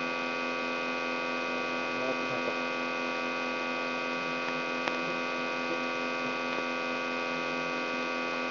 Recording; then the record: brain microelectrode recording played as sound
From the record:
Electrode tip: outside the subthalamic nucleus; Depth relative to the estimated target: 1 mm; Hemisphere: left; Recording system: AlphaMap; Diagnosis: Parkinson's disease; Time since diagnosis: 17 years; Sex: male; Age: 64 years